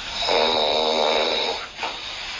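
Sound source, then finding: Adult sleeper. Snoring.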